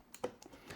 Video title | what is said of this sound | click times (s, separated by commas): Low Cost 1080p Gaming PC Build With Gamemax Diamond | in the slots and one click two clicks and that's it that's the memory installed | 0.1 s, 0.2 s